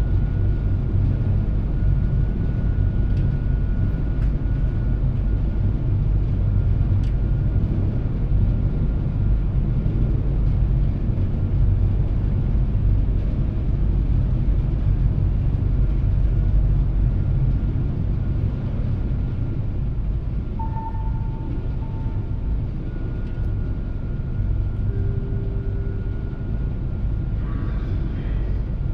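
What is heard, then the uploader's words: Heavy, steady low rumble of a ferry's engines fills the front passenger deck, a dense drone that barely changes throughout. A faint thin tone runs along beneath it, a couple of brief higher whines appear near the twenty-second mark, and light clinks and taps surface occasionally. Seattle Inbound Front Passenger Deck Landing And Disembark Stereo. A days' worth of round-trips on the Seattle-Bainbridge Island Ferry, nearly all short fore-and-aft from then passenger and car decks.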